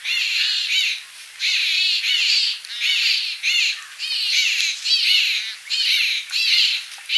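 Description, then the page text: Large grey babbler calls, harsh squeaky chattering phrases from several birds in loud bursts about every second, with short quieter gaps between them. Calls of a family group. "Large Grey Babbler Family Group Calls. Quick Sounds"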